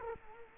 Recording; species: mosquito wingbeat signal from an infrared sensor; Culex quinquefasciatus